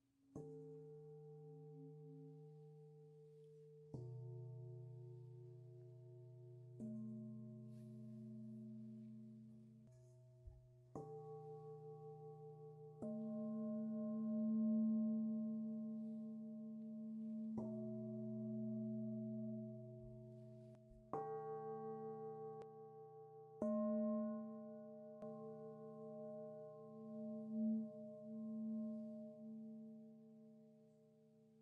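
Singing bowls ring in long, overlapping tones, with a new bowl struck every few seconds, around 4, 7, 11, 13, 17, 21 and 24 seconds. Each strike adds a clear, bright note over a deep, humming base, and the sustained tones waver gently.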